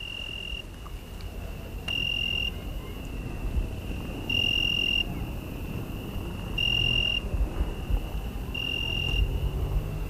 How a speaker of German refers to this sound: Als ich zur Trattoria zurückgehe, begleitet mich im Dunkel der grelle Gesang der Zikaden. Es hört sich an, als sängen da in der Dunkelheit Scharen von Vögeln. So viele Grillen sind es.